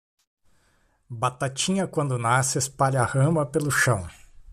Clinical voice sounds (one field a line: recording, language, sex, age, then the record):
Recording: short text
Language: Brazilian Portuguese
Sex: male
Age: 30 to 39 years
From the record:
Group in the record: control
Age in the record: 34 years